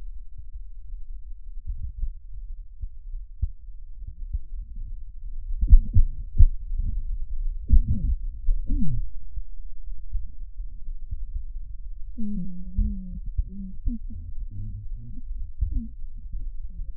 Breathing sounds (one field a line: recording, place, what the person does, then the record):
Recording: lung sounds by stethoscope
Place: right posterior apical chest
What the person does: quiet breathing, then cough and speech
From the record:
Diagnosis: interstitial lung disease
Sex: male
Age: 82 years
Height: 158 cm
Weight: 49 kg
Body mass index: 19.6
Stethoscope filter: bell mode